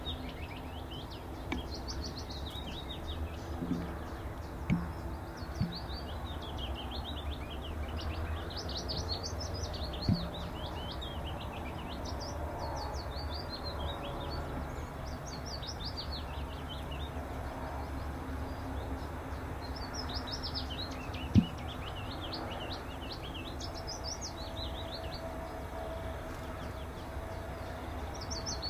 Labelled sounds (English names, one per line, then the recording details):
Willow Warbler song
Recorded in captivity
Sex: pair
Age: adult
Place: Volierenanlage, Zoologisches Institut Universität Tübingen, Baden-Württemberg, DE
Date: 1967-04-22
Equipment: Nagra III PH, MD 421, LGS26
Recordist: Schneider, Hans-Joachim